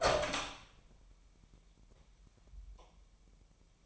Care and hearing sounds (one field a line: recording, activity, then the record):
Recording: daily activity, microphone in the room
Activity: open door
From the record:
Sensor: 1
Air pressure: 998.4 hPa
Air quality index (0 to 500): 132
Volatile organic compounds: 4 ppm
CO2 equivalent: 1582 ppm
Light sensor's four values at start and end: 18/61/25/25 and 18/61/24/25